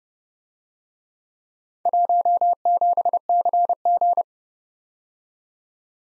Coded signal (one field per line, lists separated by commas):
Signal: Morse code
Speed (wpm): 31 wpm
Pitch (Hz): 700 Hz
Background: none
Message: 17CG